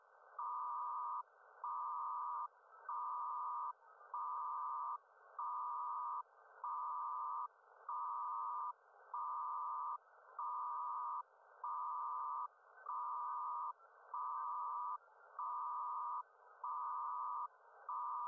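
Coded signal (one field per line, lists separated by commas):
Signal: HF data modem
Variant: PACTOR-II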